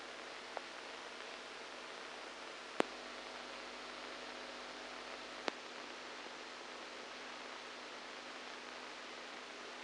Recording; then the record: brain microelectrode recording played as sound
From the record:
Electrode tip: outside the subthalamic nucleus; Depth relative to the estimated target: -6 mm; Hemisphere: right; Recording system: NeuroSet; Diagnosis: Parkinson's disease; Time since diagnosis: 7 years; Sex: male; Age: 69 years